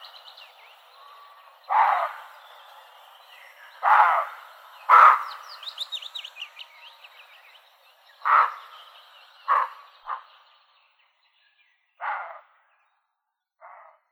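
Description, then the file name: Roe deer barking repeatedly, hoarse rough blasts at irregular gaps, while a bird sings a quick high twittering phrase between barks. "metsakauris"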